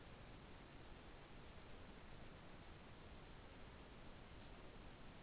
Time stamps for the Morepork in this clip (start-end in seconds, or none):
none